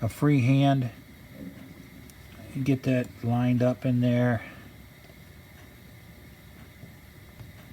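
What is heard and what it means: A small metal contact part is lined up by hand in a model train E-unit reversing drum assembly before being seated. Someone talks briefly at the start and again around 2.6–4.4 seconds, over a low steady hiss with faint handling sounds. Nothing has seated or clicked yet.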